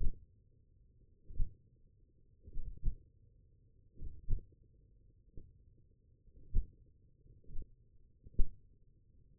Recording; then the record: forearm muscle sounds (acoustic myography)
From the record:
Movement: hand opening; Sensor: system 1, eight BSWA MPA416 microphones around the upper forearm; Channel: 5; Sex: male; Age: 20 years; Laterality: left